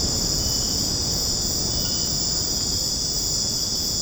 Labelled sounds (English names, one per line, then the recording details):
none
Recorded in secondary vegetation near Puerto Asís, Putumayo, Colombia, on 12 March 2025 at 22:00
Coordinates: 0.481, -76.318
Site G097